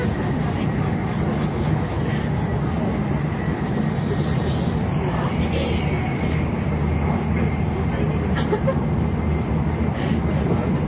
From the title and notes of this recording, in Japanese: JRN700系 京都〜新横浜。ひかり530号に乗車し、録音しました。